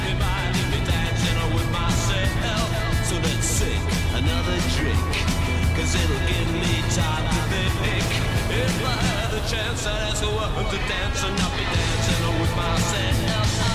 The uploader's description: the sounds of distant waves against the coast you're driving along, with the crackle of the radio and the rather comforting sounds of the vehicle around you